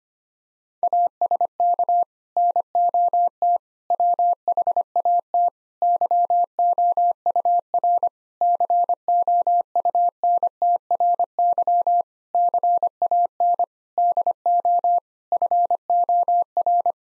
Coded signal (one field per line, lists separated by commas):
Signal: Morse code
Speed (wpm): 25 wpm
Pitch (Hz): 700 Hz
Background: none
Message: ASK NOT WHAT YOUR COUNTRY CAN DO FOR